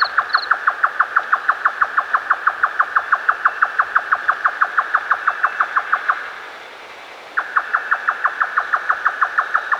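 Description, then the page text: Grey nightjar giving a long run of fast, regular tapping chuck notes, pausing briefly before resuming the same rapid knocking series. "Grey Nightjar Call. Quick Sounds"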